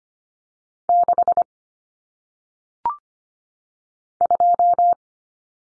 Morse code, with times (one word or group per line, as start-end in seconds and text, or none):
0.9-1.4 6
4.2-4.9 2